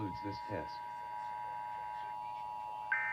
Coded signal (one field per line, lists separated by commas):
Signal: Emergency Alert System (SAME) tones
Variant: 853 and 960 Hz attention tone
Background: speech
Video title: Arizona Monthly Test Day! (EAS#143-147)